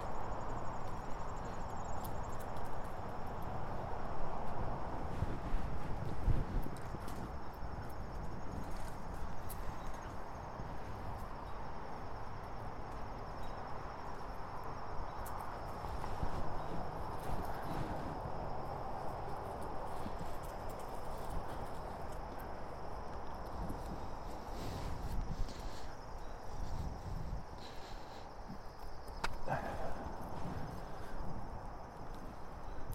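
A bike ride, with a steady, dense rush of wind and road noise filling the low and middle range throughout. A faint high whine runs along the top, with scattered clicks and brief rattles, including sharper bursts near 6, 25 and 29 seconds.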